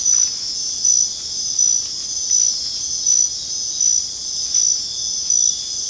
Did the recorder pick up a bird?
no